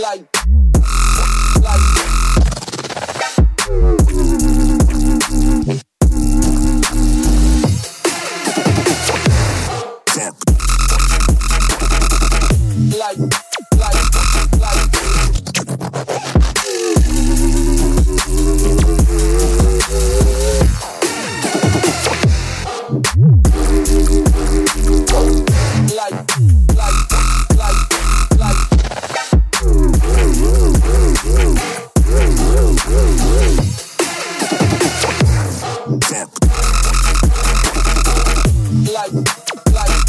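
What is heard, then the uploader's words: Robot noises: a loud, dense run of electronic tones that bend and sweep up and down, with rising pitch glides around the 5, 17 and 25 second marks. Short sharp cutoffs break it every few seconds, and a heavy low hum runs underneath throughout. Robot noises.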